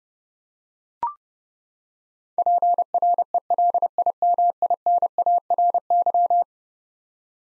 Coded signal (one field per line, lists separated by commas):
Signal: Morse code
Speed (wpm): 31 wpm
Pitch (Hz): 700 Hz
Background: none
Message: PRELIMINARY